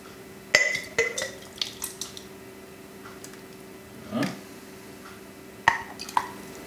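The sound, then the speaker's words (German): A ladle clinks sharply against a glass jar a few times, with ringing taps, then thick Bolognese sauce slops in with a soft wet plop as the jar is filled, followed by more clinks over a low steady hum. “Und jetzt kommt die Bolo da rein.”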